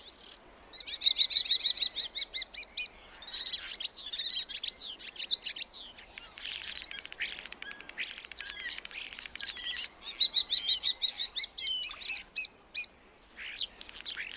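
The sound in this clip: Black starling song: a dense stream of high chattering, clicking rattles and thin whistled notes, delivered rapidly and unevenly throughout.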